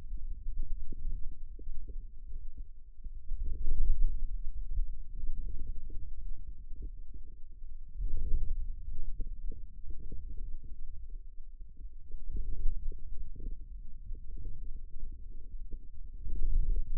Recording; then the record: forearm muscle sounds (acoustic myography)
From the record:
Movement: ulnar deviation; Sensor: system 2, bracelet of six BSWA MPA416 microphones around the upper forearm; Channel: 5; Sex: male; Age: 22 years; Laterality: right